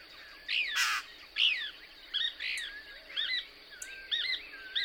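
Couch's Kingbird twittering song: sharp arched chirps and upslurred notes in a quick uneven series, with a harsh noisy burst early on.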